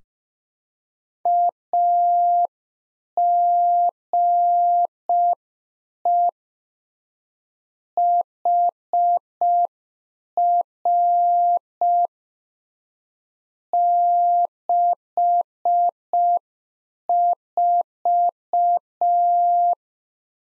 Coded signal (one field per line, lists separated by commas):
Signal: Morse code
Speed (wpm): 5 wpm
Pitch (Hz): 700 Hz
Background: none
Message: AGE HR 64